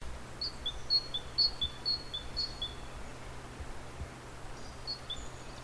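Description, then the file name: Great tit singing a quick series of repeated two-note phrases, high then lower, then a shorter burst, against a constant low hum and hiss. "Parus major"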